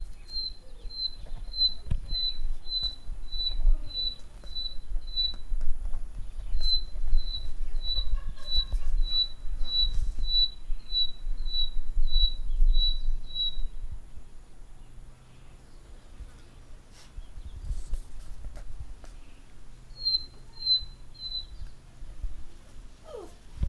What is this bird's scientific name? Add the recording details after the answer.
Batis erlangeri. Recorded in northern Uganda